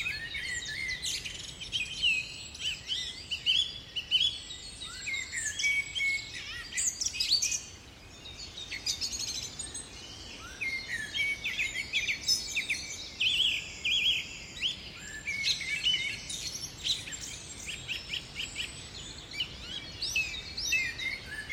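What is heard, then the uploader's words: A dense dawn chorus in English woodland, many birds singing at once with bright, overlapping trills, chirps and whistles that barely pause over the whole stretch. A brief lull comes around seven seconds before the singing thickens again, over a soft low outdoor hush. Binaural Soundscape. A binaural dawn chorus recording from an English woodland on the borders of Herefordshire.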